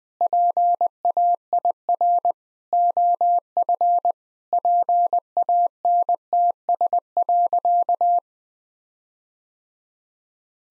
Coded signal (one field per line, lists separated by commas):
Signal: Morse code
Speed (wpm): 20 wpm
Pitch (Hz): 700 Hz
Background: none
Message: PAIR OF PANTS.